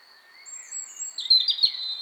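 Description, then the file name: European robin singing one short, high, tumbling warbled phrase after a faint start, over a thin steady high tone in the background. "Erithacus rubecula"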